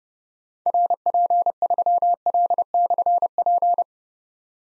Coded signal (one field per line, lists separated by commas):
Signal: Morse code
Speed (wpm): 29 wpm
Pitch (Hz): 700 Hz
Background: none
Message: RP3L/P